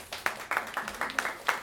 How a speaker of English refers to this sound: Everybody give her another round of applause.